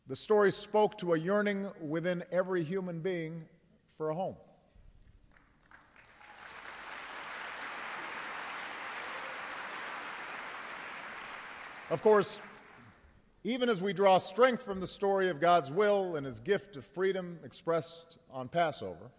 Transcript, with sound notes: the story spoke to a yearning within every human being for a home. (Applause.) Of course, even as we draw strength from the story of God’s will and His gift of freedom expressed on Passover,